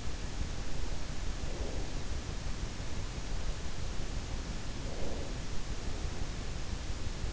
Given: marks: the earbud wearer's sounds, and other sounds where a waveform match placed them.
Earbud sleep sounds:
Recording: sounds in sleep by an in-ear microphone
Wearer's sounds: breath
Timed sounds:
1.25-2.05 s: breath
4.51-5.51 s: breath

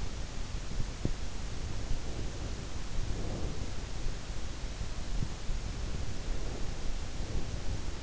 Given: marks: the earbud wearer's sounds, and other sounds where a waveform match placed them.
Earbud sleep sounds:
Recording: sounds in sleep by an in-ear microphone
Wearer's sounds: breath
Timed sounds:
1.76-3.74 s: breath
6.01-7.61 s: breath

